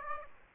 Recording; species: mosquito wingbeat signal from an infrared sensor; Aedes aegypti